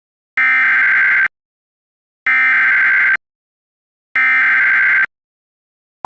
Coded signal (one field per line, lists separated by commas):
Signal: Emergency Alert System (SAME) tones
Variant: header bursts